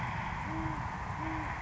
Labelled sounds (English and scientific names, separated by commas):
Great Horned Owl (Bubo virginianus)